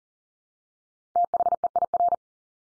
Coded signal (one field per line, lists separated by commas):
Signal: Morse code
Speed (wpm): 40 wpm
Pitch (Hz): 700 Hz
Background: none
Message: THEIR